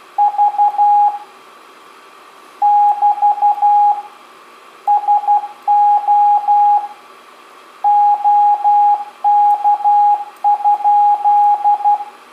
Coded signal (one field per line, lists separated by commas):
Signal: Morse code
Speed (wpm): 12 wpm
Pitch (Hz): 820 Hz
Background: radio noise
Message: V <BT> SO OK?